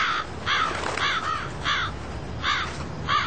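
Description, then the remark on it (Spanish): A group of six crows caw repeatedly in harsh, raspy bursts, about six calls spaced fairly evenly, fairly loud over a steady low background hiss with no talking. “un escuadrón de 6 pajarracos pulgosos lo siguió hasta su casa para vigilar de cerca que aquella criatura con cara de pollo hervido no estropeara sus planes.”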